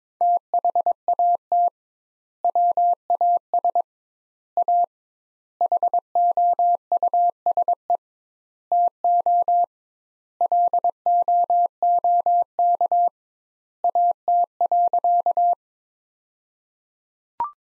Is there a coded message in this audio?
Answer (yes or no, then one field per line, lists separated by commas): yes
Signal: Morse code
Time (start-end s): 0.2-15.5 s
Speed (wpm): 22 wpm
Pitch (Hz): 700 Hz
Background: none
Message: THAT WAS A HOUSE TO LOOK AT.